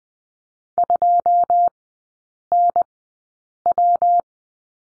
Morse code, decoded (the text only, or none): 2NW